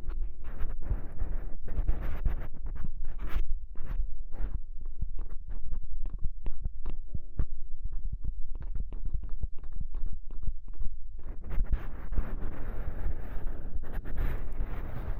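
Extremely tingly ear exploration: quick, irregular scratching and brushing sounds crowd together, with a low rumble underneath throughout. The middle stretch breaks into separate sharp taps and rubs, some ringing briefly, before dense rustling returns after about eleven seconds.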